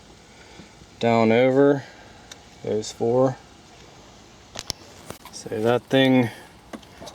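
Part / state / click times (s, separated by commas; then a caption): plastic retainer piece onto the shifter assembly posts / seated / 6.7 s. While reassembling the park-lock mechanism of a Chrysler Pacifica gear shifter stuck in park, a loose plastic retainer piece is pressed down so its ears snap over four posts on the shifter assembly. Someone talks, a few sharp ticks sound around 4.6 to 5.3 seconds, and the part clicks into place at 6.7 seconds, seated.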